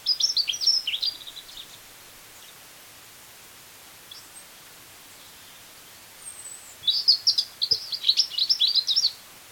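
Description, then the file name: European robin song: a high, tumbling phrase of sweet trills and squeaky notes at the start, a long pause with a thin whistle, then another rich warbling phrase. "Erithacus rubecula"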